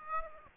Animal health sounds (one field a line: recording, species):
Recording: mosquito wingbeat signal from an infrared sensor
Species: Aedes aegypti